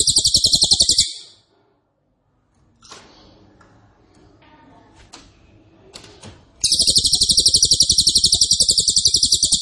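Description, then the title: Cililin song: a short burst of rapid, buzzy high trilling, a pause with faint clicks and soft background noise, then a longer dense trill. Loud, dense rapid-fire song style ('nembak keras dan rapat') used as a favourite masteran training recording for oriental magpie-robin, leafbird and white-rumped shama. "Cililin NEMBAK KERAS dan RAPAT masteran murai batu cucak ijo dan kacer"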